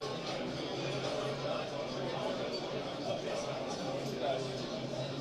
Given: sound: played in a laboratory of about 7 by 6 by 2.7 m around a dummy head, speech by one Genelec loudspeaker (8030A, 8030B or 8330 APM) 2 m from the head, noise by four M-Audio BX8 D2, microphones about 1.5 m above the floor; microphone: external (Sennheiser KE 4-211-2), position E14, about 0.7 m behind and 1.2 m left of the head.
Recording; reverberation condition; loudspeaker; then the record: cafeteria noise; low; four, about 170 cm from the corners of the room and facing them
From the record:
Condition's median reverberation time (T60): about 310 ms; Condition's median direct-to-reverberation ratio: about 3.5 dB